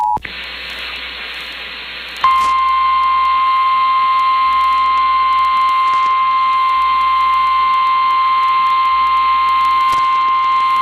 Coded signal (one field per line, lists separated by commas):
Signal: Emergency Alert System (SAME) tones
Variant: 853 and 960 Hz attention tone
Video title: [EAS] WYMY: Flash Flood Warning Activation- 2:46pm [6/19/2023]